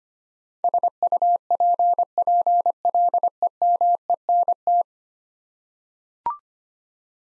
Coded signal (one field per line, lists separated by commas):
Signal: Morse code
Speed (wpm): 25 wpm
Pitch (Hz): 700 Hz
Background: none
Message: SUPPLEMENT